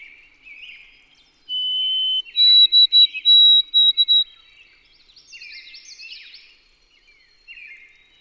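White-throated sparrow gives one drawn-out whistle, then a run of higher clipped whistles, with soft background twittering.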